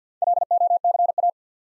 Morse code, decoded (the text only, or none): LOCA